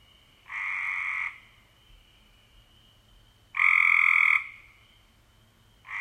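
Cope's gray treefrog giving a softer buzzing trill, then a louder harsh trill about three seconds later, with the start of another at the end.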